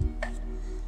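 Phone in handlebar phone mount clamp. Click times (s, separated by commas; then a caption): 0.2 s. A phone is pushed down into a handlebar phone mount clamp so it locks from the bottom. A single short click is heard at 0.2 seconds over a steady low hum, and the phone holder locks into place.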